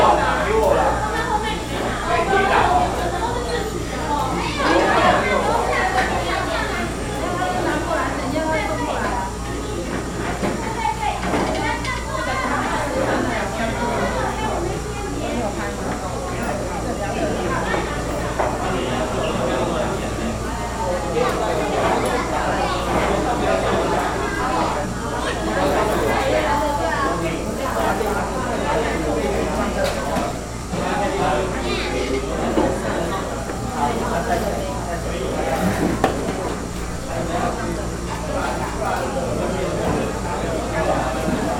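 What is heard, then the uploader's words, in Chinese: Customers chatter continuously in a busy oden shop, many overlapping voices at a steady level, with a faint low hum underneath throughout. 我在鶯歌阿婆壽司店裡用餐。用餐的時間,從一樓就有排隊買關東煮的客人,連結到二樓用餐區的熱絡氣氛。整個用餐區我都聽到壓縮機的聲音。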